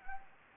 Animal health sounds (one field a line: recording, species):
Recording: mosquito wingbeat signal from an infrared sensor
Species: Anopheles gambiae